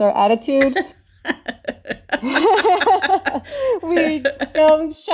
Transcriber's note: laughs